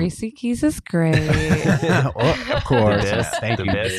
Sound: laughing